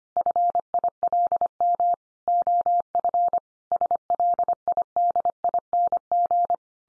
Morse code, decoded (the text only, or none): FILM OF SLIDING